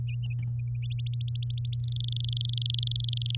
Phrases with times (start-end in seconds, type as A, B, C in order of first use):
0.82-1.77 A, 1.80-3.36 B